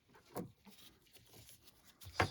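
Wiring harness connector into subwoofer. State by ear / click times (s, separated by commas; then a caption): seated / 2.2 s. On a 2021-2026 Toyota Sienna, the wiring harness connector is plugged back into the subwoofer after its bolts have been tightened, and it is inserted until it clicks. Faint rustling and handling sounds build to a sharp click at 2.2 s, followed by a brief tick near 2.4 s. The connector is seated.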